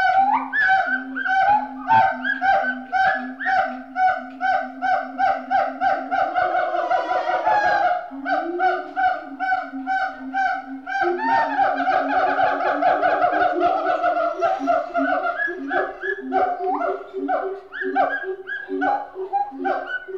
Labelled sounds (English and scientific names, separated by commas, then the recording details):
Pileated Gibbon (Hylobates pileatus)
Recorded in captivity
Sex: female
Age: adult
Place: Zoo Berlin, Berlin, DE
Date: 1988-08-28
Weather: bedeckt, 18-20°C
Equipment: Sony WM-D6C, Sony ECM-939 LT, Kopie Tesla B 116 Stereo
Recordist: Tembrock, Günter